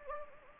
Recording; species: mosquito wingbeat signal from an infrared sensor; Anopheles gambiae